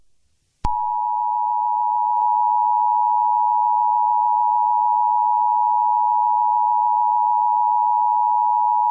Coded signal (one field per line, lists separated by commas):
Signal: Emergency Alert System (SAME) tones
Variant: 853 and 960 Hz attention tone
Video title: EAS Scenario #37: Chemical Spill Chaos